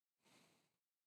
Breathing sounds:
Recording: one breath near a microphone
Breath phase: exhalation

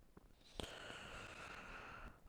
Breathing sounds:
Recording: one breath near a microphone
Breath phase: inhalation

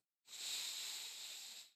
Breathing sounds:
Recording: one breath near a microphone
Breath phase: inhalation

